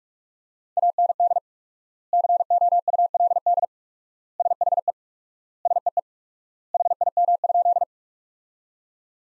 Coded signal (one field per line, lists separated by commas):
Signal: Morse code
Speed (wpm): 42 wpm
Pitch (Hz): 700 Hz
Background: none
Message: AND COULD SHE SEE HIM?